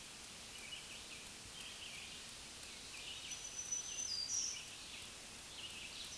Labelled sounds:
Black-throated Green Warbler song
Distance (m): 35 m
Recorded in a Pennsylvania forest on 1 June 2023 at 05:43
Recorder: AudioMoth, point grid3_2_high
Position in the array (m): 140 m, 30 m

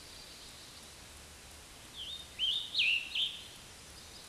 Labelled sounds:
Scarlet Tanager song
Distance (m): 15 m
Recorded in a Pennsylvania forest on 19 May 2023 at 12:02
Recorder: AudioMoth, point grid1_2_low
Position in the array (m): 157 m, 29 m

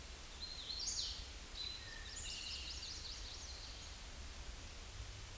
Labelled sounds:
Hooded Warbler song
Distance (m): 20 m
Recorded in a Pennsylvania forest on 17 May 2023 at 20:30
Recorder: AudioMoth, point grid1_9_low
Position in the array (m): 81 m, 110 m

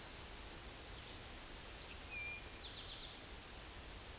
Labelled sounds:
Eastern Towhee song
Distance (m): 95 m
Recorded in a Pennsylvania forest on 17 May 2023 at 13:14
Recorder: AudioMoth, point grid1_34_low
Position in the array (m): 119 m, 84 m

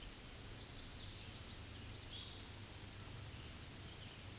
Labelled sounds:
Black-and-white Warbler song
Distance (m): 55 m
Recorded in a Pennsylvania forest on 18 May 2023 at 06:50
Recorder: AudioMoth, point grid1_33_low
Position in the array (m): 63 m, 83 m

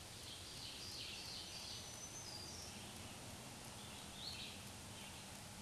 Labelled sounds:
Black-throated Green Warbler song
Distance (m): 45 m
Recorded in a Pennsylvania forest on 1 June 2023 at 07:54
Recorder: AudioMoth, point grid3_17_high
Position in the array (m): 237 m, 135 m

